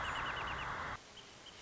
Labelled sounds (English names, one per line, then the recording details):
Wrentit
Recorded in Sonoma County, California